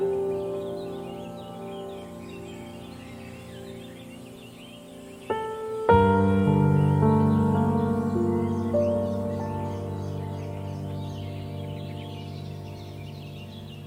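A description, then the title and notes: Sunrise at Revere Beach, with birds chirping and twittering steadily in the upper range throughout. A sustained, ringing tone hums underneath, and at about five and six seconds two bell-like strikes sound, the second louder, their tones lingering and slowly fading. Sunrise at Revere Beach.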